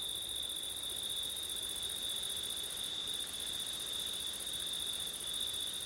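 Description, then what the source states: Crickets trill on without pause in two high bands, the topmost one dropping out for a moment midway. September night, with wind; ortif recording.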